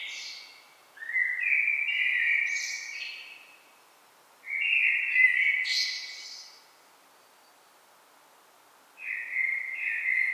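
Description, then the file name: Common blackbird song: three rich, fluting phrases roughly every four seconds, the first two closing with a thin, high twitter, with quiet pauses between. "Turdus merula"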